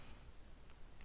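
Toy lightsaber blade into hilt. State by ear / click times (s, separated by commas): not seated / none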